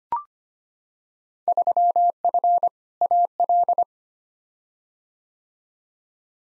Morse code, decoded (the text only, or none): 3F AL